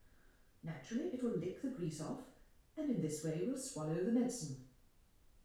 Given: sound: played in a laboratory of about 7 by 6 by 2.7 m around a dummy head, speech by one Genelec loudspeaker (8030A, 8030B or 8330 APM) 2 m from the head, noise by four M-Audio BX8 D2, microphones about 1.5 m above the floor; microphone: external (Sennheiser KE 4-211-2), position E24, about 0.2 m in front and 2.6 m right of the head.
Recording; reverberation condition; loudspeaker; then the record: female speech in English; medium; 30 degrees to the right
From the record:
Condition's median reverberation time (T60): about 510 ms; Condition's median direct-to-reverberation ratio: about -0.5 dB